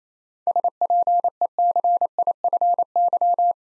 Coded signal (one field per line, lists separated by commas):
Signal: Morse code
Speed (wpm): 27 wpm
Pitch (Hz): 700 Hz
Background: none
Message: SPECIFY